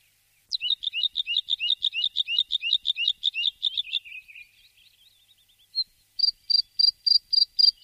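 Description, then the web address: Bird song: a fast series of many sharp repeated notes, then a brief lower trill and a closing run of high notes. "bird voice"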